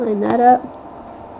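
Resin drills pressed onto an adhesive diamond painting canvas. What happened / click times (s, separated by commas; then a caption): Small resin pieces are being lined up; nothing has clicked into place yet / none. A crafter lines up a row of resin diamond painting drills with an applicator pen over an adhesive canvas while someone talks briefly, followed by quiet low handling noise. Nothing has seated or clicked onto the canvas yet.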